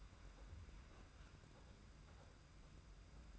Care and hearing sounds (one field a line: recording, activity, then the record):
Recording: daily activity, microphone in the room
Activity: open fridge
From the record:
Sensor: 2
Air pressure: 991.7 hPa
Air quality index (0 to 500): 222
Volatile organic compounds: 1000 ppm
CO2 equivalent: 7391 ppm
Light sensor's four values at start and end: 26/83/32/30 and 26/83/32/30